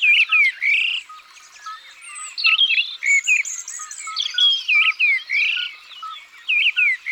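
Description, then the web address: Common nightingale song in bursts of varied whistles, slurred notes and rich warbling phrases separated by brief gaps, with a soft repeated note in the background. "Rossignol philomele. abc de la nature"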